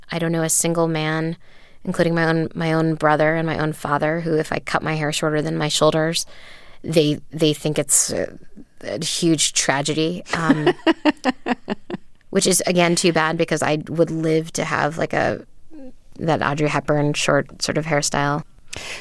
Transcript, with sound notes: I don't know a single man - including my own brother and my own father who if I cut my hair shorter than my shoulders, they think it's a huge tragedy.
(Laughter).
Which is, again, too bad because I would love to have, like, that Audrey Hepburn short sort of hairstyle.